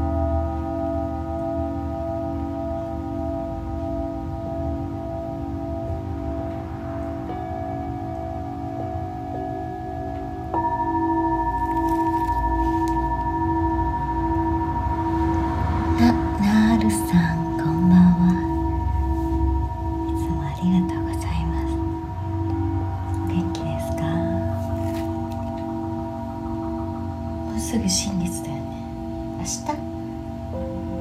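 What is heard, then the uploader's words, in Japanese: Tibetan singing bowls hum in long, steady layered tones that sustain throughout, with a new higher tone joining near ten seconds. A low rumbling murmur runs underneath, and brief soft taps, clicks and knocks scatter across the second half, especially around 16–18 and 28 seconds. 夜のシンギングボウルのサウンドヒーリング。チベタンシンギングボウル。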